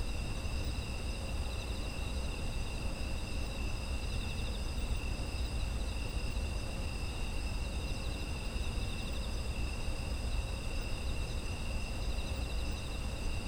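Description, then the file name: Insects producing layered, ceaseless high trills that never break, a dense chorus over an even low rumble. Autumn insect ambient sound. "秋の虫の環境音"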